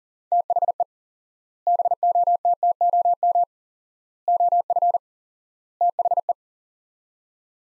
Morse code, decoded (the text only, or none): THE BOTTOM OF THE